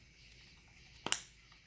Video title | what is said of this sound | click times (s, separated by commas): How to reset oil service light on Ducati Panigale 959 | hear that click? | 1.1 s